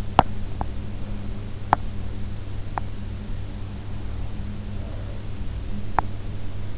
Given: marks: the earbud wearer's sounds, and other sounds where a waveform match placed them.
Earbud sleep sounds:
sounds in sleep by an in-ear microphone; teeth grinding, breath
0.00-2.97 s: teeth grinding
4.65-5.52 s: breath
5.52-6.24 s: teeth grinding

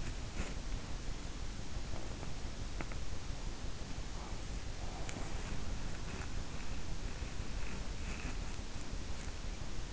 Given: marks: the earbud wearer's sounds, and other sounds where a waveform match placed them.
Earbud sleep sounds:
sounds in sleep by an in-ear microphone; teeth grinding, body movement
0.00-0.62 s: teeth grinding
1.89-9.31 s: body movement

